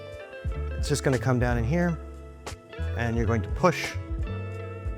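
Someone talks over background music while a turbocharger oil drain line with oiled O-rings is being pushed down toward its port on a GM 1.4L Chevy Cruze engine. A short sharp sound is heard at 2.5 s and another at 2.7 s. Nothing has seated or clicked yet, and the drain line's retaining clip has not locked.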